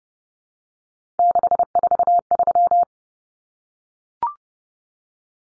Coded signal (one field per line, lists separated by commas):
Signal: Morse code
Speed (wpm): 30 wpm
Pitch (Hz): 700 Hz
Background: none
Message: 643